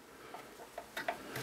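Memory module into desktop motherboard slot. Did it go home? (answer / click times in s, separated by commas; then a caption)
no / none. A RAM memory module is being pressed down, one side at a time, into its slot on a Dell Optiplex GX520 desktop motherboard. Only faint, light ticks and taps from handling are heard over low background noise. Nothing has seated or clicked yet; the module's retaining clips have not snapped shut.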